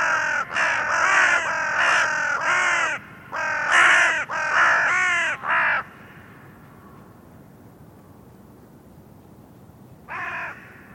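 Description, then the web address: Bird giving a rapid burst of harsh, throaty caws for about six seconds, then quiet, then one final short caw. "cianscape birddata Deverinetal 2025 Bird Only"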